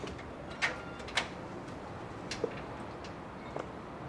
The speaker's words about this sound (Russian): Мужчина открывает дверь.